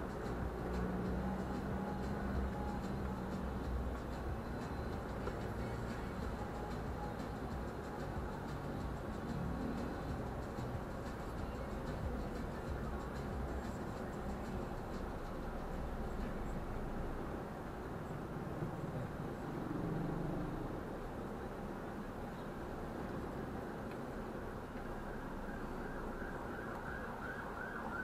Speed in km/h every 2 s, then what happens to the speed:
26, 27, 26, 23, 21, 17, 16, 12, 9, 6, 6, 6, 6, 3.
0-5 steady at about 26. 5-18 slows to 6. 18-28 steady at about 6.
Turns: none.